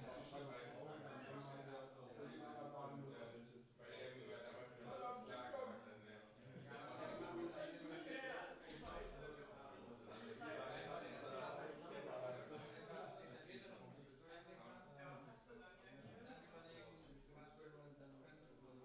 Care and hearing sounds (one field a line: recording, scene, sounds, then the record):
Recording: everyday scene through a hearing-aid microphone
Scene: many people talking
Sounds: many voices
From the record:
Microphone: in the ear canal, left